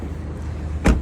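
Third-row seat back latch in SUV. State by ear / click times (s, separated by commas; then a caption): seated / 0.9 s. A third-row seat back in a 2021 Toyota 4Runner SR5 SUV is pulled back up until its latch clicks into place. Over a low steady rumble, a single sharp broadband click lands at 0.9 s, and the seat back is latched.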